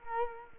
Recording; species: mosquito wingbeat signal from an infrared sensor; Culex quinquefasciatus